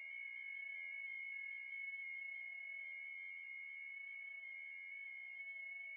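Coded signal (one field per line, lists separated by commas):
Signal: FT8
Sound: several steady whistling tones with one higher tone warbling in quick regular steps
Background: radio static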